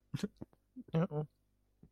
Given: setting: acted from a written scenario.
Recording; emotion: vocal sound without words; sadness